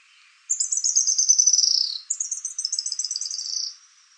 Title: LuckyPassaro Completos2Sama. Araucaria Tit-Spinetail (Leptasthenura setaria)